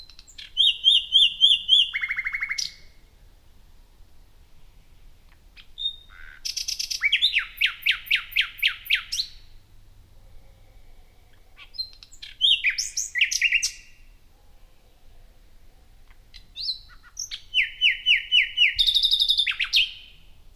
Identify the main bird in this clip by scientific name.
Luscinia megarhynchos